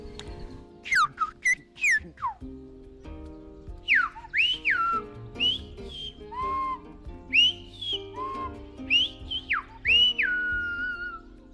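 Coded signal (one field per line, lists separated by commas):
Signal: whistled language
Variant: Silbo Gomero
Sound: loud whistled phrases sliding up and down in pitch, with pauses between them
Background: low background music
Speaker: si no entendemos el mensaje le decimos yo no te entiendo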